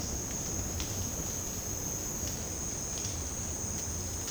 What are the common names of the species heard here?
none